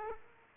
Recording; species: mosquito wingbeat signal from an infrared sensor; Aedes aegypti